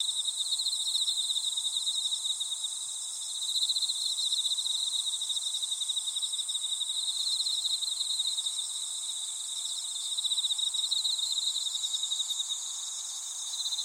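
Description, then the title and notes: Insects calling together, a dense pulsing high trill with a shrill upper band, steady and unbroken. Insects calling in a grassy thicket. "草むらにいる虫の声"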